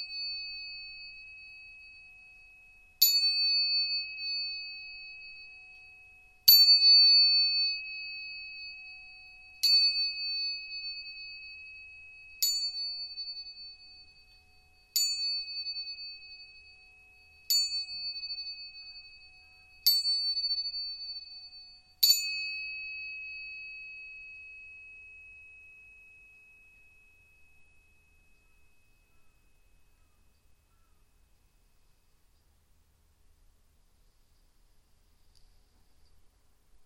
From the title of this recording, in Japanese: 音叉チューニング2本